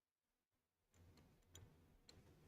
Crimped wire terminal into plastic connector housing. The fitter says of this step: Green has clicked in.